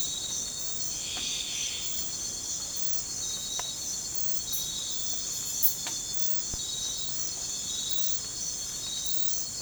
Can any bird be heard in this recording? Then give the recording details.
no. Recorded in pastures near Puerto Asís, Putumayo, Colombia, on 20 December 2024 at 05:00. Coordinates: 0.466, -76.322. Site G040